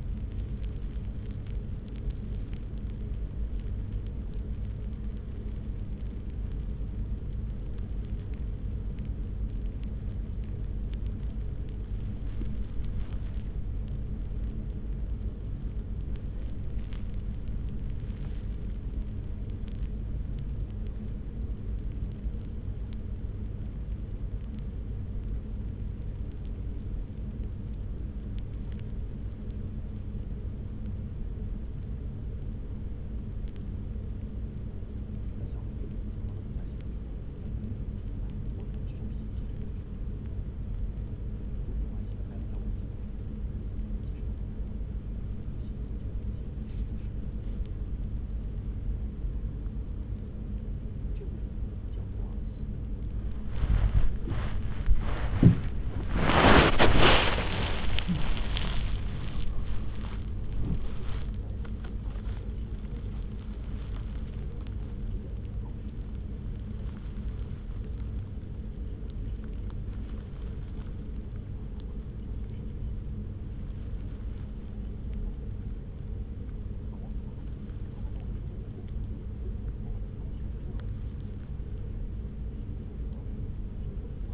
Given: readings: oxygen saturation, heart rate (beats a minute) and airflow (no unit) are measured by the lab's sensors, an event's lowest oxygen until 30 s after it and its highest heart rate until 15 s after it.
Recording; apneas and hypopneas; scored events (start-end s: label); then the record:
a person awake in a sleep study, by a smartphone at the bedside; 1
0.00-84.34 s: awake
22.00-54.80 s: hypopnea (scored as awake, oxygen 97% highest, then 95% lowest)
From the record:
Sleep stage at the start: awake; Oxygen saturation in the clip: 95 to 97%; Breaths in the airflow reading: 25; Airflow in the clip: -1.4 to 2.3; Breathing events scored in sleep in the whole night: 335 in 6.7 hours asleep